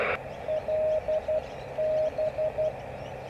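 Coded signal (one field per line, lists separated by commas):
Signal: Morse code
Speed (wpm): 12 wpm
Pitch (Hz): 620 Hz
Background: none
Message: LB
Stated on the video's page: Newly resurrected 10-metre CW beacon across town, received on an aluminium foil magnetic loop.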